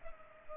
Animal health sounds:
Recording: mosquito wingbeat signal from an infrared sensor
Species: Culex pipiens

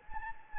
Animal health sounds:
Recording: mosquito wingbeat signal from an infrared sensor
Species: Anopheles gambiae

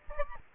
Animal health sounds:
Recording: mosquito wingbeat signal from an infrared sensor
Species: Aedes aegypti

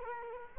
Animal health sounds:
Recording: mosquito wingbeat signal from an infrared sensor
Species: Culex quinquefasciatus

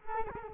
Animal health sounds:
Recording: mosquito wingbeat signal from an infrared sensor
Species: Culex quinquefasciatus

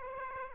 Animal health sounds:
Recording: mosquito wingbeat signal from an infrared sensor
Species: Aedes aegypti

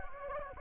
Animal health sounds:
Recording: mosquito wingbeat signal from an infrared sensor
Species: Anopheles arabiensis

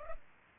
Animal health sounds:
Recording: mosquito wingbeat signal from an infrared sensor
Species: Culex pipiens

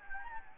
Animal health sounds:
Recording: mosquito wingbeat signal from an infrared sensor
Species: Anopheles gambiae

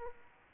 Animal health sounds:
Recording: mosquito wingbeat signal from an infrared sensor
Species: Aedes aegypti

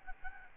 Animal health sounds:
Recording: mosquito wingbeat signal from an infrared sensor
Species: Aedes albopictus

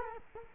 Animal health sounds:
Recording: mosquito wingbeat signal from an infrared sensor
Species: Culex quinquefasciatus

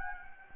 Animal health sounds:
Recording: mosquito wingbeat signal from an infrared sensor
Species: Anopheles gambiae

